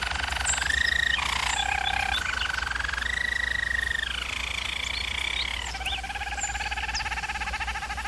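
Bird singing in long steady trills that jump abruptly between several pitch levels, high and low, each held for a second or more, over a faint continuous hum.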